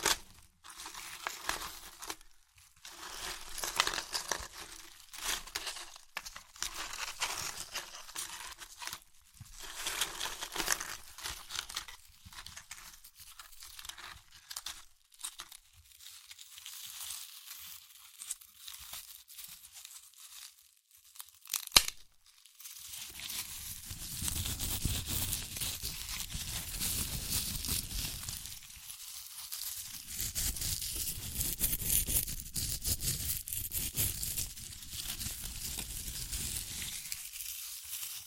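Crunchy chips crackle in bursts of crinkly crushing for about twenty seconds, then a sharp snap, followed by denser, steadier crunching with deeper thumps.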